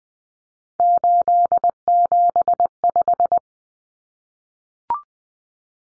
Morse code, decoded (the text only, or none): 875